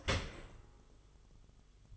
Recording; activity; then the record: daily activity, microphone in the room; open dishwasher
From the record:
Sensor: 4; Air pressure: 1005.6 hPa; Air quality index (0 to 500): 114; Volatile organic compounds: 3 ppm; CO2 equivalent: 1424 ppm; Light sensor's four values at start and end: 11/25/10/10 and 11/26/10/10